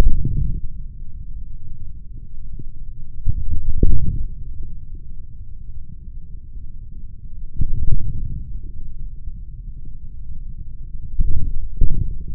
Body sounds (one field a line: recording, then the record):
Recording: forearm muscle sounds (acoustic myography)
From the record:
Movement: hand closing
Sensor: system 3, bracelet of six PUI Audio POM-2738L microphones around the upper forearm, with dedicated amplification and filtering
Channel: 6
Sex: male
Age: 26 years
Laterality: right